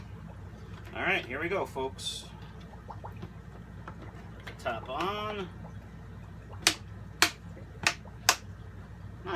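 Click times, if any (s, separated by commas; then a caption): 6.7 s, 7.2 s, 7.9 s, 8.3 s. Someone talks while putting the top on a Fluval 306 canister filter, then closes its plastic latch clamps. Four loud, sharp snaps ring out at 6.7, 7.2, 7.9 and 8.3 seconds as the lid clamps shut on the filter body, and the top is seated.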